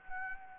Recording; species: mosquito wingbeat signal from an infrared sensor; Anopheles gambiae